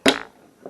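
A metal support piece of a vintage Ronson folding camping stove is pushed into its clip on the stove frame and snaps into place with a sharp, bright metallic click at 0.1 s. The click rings out briefly, and a faint, dull knock follows near the end. The leg is seated, the first one done.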